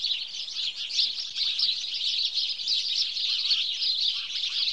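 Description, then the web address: House sparrows chirping in a dense, continuous flock chatter of high, overlapping chirps, with a few fainter lower notes scattered through. "BBC Sound Effects Library BBC 47-Birds 21 House Sparrow (Passer Domesticus)"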